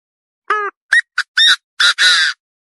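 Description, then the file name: Partridge phrase of harsh calls, a harmonic note and quick rising notes building to two loud grating squawks, in quiet surroundings. "Tieng ga go"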